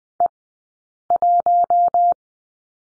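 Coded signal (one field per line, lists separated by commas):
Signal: Morse code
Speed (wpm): 20 wpm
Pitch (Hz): 700 Hz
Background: none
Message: E1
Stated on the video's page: Morse code course lesson drill on the letter C, sent at Farnsworth speed 20/10 wpm.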